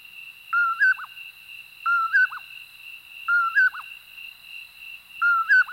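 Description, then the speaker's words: Common Poorwill whistled song, a two-part poor-will phrase with a trailing note, repeated four times over steady insect trilling. Whistles its own name, poorwill or poorwillip, repeated over and over; sagebrush and chaparral habitats of the West. "Like its relatives, it seems to whistle its own name, poorwill or poorwillip"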